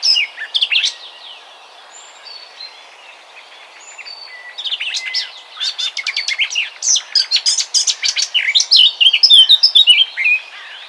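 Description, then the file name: Eurasian blackcap singing, starting with a short loud burst, then quiet scratchy notes with pauses, then swelling into a loud, rapid, varied warble of clear high notes. "Sylvia atricapilla"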